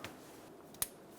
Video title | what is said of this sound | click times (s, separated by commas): How to Replace Power Steering Pressure Line 2003-2008 Honda Pilot | push it down it'll clip into place | 0.8 s